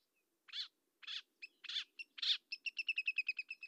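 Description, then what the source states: Marsh warbler song: a few broad, scratchy notes, then a fast run of repeated bright chirps. Nominate subspecies Acrocephalus palustris palustris.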